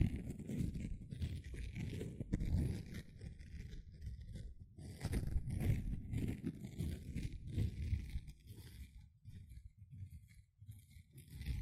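A sponge is scrubbed and squished in continuous rough strokes, a dense low rustling scrape with bursts of crisp hiss on top. The rubbing pulses unevenly, strongest around two and six seconds, thins and quiets near ten seconds, then picks up again.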